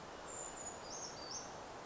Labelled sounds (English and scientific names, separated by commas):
Brown Creeper (Certhia americana)